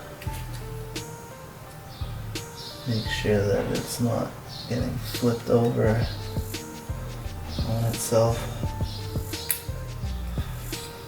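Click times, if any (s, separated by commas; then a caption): 9.5 s. During a rebuild of front Subaru STI Brembo brake calipers with racing pistons for a 2015+ WRX, a rubber dust boot is worked over a stainless steel piston and pushed on while someone talks over background music. One sharp, short snap at 9.5 s marks the boot seating in place, secure.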